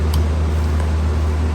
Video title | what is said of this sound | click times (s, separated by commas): Easy Diy Guide For Swapping Out Your Nissan Murano Wiper Blades (2009-2024) | It's got a lock, and you got to try and shake it to see if it comes off. It's not, so we got it right. | 0.1 s